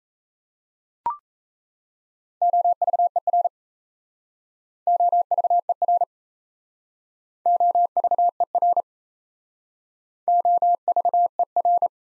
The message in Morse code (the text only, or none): OVER OVER OVER OVER